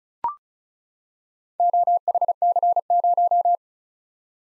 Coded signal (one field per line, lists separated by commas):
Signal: Morse code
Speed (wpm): 36 wpm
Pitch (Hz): 700 Hz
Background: none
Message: OHC0